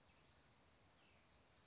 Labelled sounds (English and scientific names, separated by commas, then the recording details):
Western Tanager (Piranga ludoviciana)
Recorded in Sonoma County, California